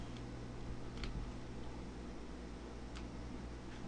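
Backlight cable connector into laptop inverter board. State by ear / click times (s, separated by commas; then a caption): seated / 1.0 s. The small plastic connector on a laptop backlight cable is pushed into the socket on a replacement high-voltage inverter board and seats with a short, sharp snap at 1.0 s. A fainter tick follows at 3.0 s over a steady low hum.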